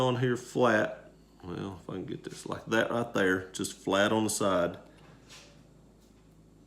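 A Streamlight TLR-7 tactical weapon light is held flat against the side of a pistol's accessory rail and lined up before being pushed on, while someone talks for about five seconds before it goes quiet. The light has not clicked onto the rail yet.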